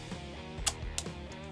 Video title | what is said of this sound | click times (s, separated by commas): Scie Sabre Bosch GSA 18 V-LI Professional ► Présentation et Test | ceci c'est enclenché c'est un système SDS rapide sécurisé pour | 0.7 s, 1.0 s